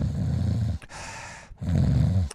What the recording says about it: When I vibrate my soft palate, it's a deeper, very sort of like you're sawing through trees. Then you have nasopharynx snorers. Much deeper, more aggressive sounding.